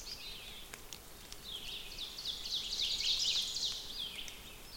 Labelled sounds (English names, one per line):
Ovenbird song